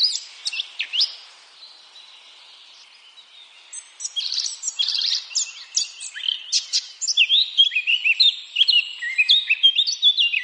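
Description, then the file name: Eurasian blackcap song starting with a short burst of high notes, then a pause, then a long lively warble of mixed chirps and whistles from four seconds on. "Sylvia atricapilla"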